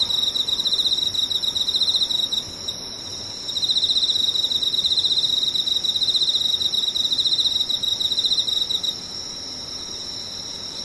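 Insects trill in a high, fast, continuous pulse, loud, with a brief drop around two and a half seconds and a stop near nine seconds. A fainter, even higher insect chorus and soft low rumble continue underneath throughout.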